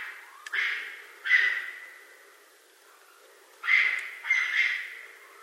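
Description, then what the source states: Raccoon calls: four rasping, squealing cries, two close together at the start, a quiet pause, then two more in quick succession. Recorded 9 April 2012.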